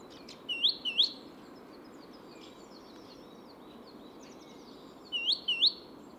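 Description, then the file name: Great tit calling two sharp rising whistled notes, then quiet with faint chips, then another pair of bright upswept notes near the end, against steady background noise. "Parus major"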